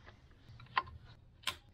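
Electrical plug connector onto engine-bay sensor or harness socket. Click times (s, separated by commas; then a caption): 0.8 s, 1.5 s. An electrical plug connector is landed and pushed home onto an engine-bay sensor or harness socket during reassembly of a Land Rover Discovery 4 SDV6 after a timing belt service. Two sharp clicks are heard at 0.8 s and 1.5 s over a low background hum, and the connector is seated.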